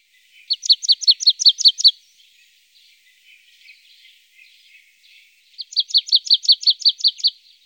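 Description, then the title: Marsh tit song: two fast phrases of clear, evenly spaced chipping notes, separated by several seconds of faint twittering. Recorded in Germany, Austria or Switzerland. "Sumpfmeise"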